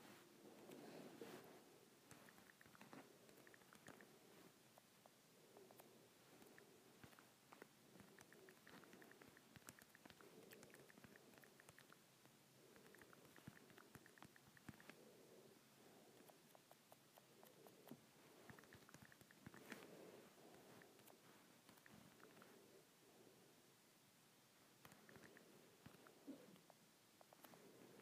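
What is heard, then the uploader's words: Fingers tap on an iPad screen in a quick, uneven stream of light, soft clicks that carry on for the whole stretch, sometimes in brief flurries. A low, muffled murmur sits underneath, rising and falling throughout. IPad Screen Tapping.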